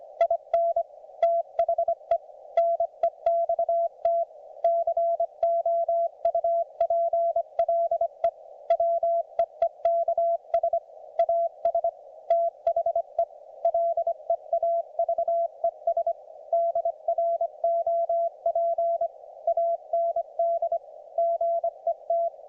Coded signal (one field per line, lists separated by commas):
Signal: Morse code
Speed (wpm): 23 wpm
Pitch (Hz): 690 Hz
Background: none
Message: IN THE NEXT COUPLE WEEKS AS THE LEAVES DROP AND GET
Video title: MORSE CODE PRACTICE - RAGCHEWING WITH ART